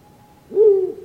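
Ural owl producing a single short, low hoot that rises slightly then levels off, against quiet background hiss.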